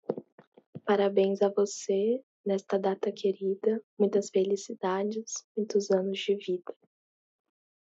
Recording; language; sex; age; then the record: short text; Brazilian Portuguese; female; 18 to 19 years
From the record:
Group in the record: control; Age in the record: 19 years